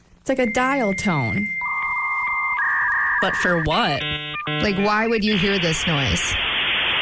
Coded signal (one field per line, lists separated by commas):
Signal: dial-up modem handshake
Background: speech